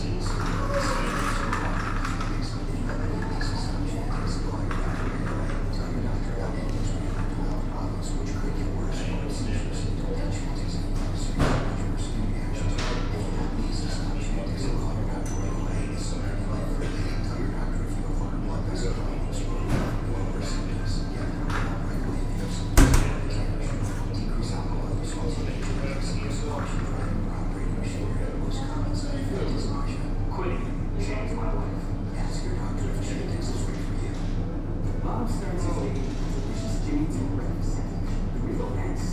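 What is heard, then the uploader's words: Voices from a television carry through a laundromat, echoing off hard tiled surfaces over a steady low hum of machines. The level stays even throughout, with occasional small knocks and clicks, and one sharp bang just past twenty seconds. Laundromat in Barton Heights. I chose to record inside the laundromat to represent a simple moment in the lives of my neighbors. In the recording, the voices from a television echo off the floor tiles.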